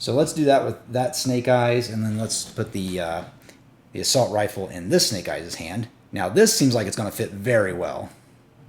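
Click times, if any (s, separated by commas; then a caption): none. Someone talks while getting ready to push a small plastic assault rifle accessory into the hand of a Black Major G.I. Joe cartoon Snake Eyes action figure. Nothing has seated or clicked yet; the clip ends before the rifle snaps into the hand.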